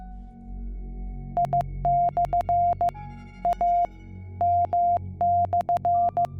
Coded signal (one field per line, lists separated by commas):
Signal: Morse code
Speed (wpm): 15 wpm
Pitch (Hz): 700 Hz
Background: music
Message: I/AM/